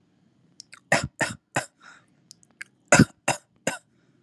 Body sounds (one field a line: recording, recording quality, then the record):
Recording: shallow voluntary cough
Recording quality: excellent, no background noise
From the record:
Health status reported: healthy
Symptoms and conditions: none ticked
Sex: male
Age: 25 years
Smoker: not ticked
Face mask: not worn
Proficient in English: yes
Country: India